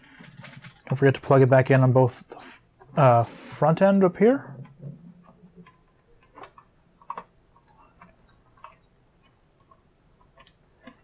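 While reassembling a fat PS3, someone handles a ribbon cable connector to plug it back into its socket at the front end of the motherboard. Someone talks for the first few seconds, then faint handling sounds follow, with a few short ticks around 6.6 s, 7.1 s, 8.6 s and 10.5 s. Nothing has seated or clicked in yet.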